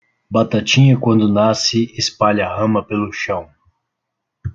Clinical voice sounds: short text; Brazilian Portuguese; male; 30 to 39 years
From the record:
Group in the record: control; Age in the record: 30 years

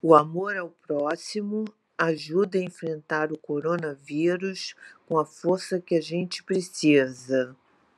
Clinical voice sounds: spoken sentence; Brazilian Portuguese; female; 60 to 69 years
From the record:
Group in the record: control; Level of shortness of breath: 0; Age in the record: 62 years

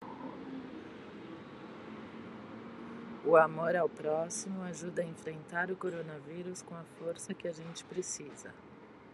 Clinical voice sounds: spoken sentence; Brazilian Portuguese; female; 30 to 39 years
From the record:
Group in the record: control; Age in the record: 39 years

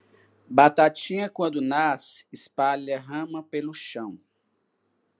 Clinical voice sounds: short text; Brazilian Portuguese; male; 50 to 59 years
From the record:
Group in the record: control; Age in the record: 53 years

